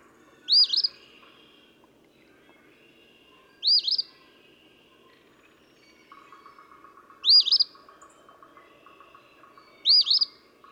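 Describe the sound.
Eastern phoebe singing four short, raspy phrases about every three seconds.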